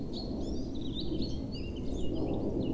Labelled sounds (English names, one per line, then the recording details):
Eurasian Blackcap
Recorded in Germany
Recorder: ecoPi